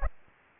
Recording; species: mosquito wingbeat signal from an infrared sensor; Aedes aegypti